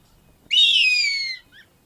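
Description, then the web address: Harpy eagle utters a single high, piercing whistled scream that slides gently downward, followed by a brief faint softer note. Calls of a pair; eastern lowlands of South America. "Natures Songs S America Eastern Lowlands. Harpia harpyja, calls of pair"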